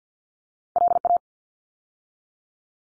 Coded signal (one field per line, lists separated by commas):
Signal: Morse code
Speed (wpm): 50 wpm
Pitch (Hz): 700 Hz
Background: none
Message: LA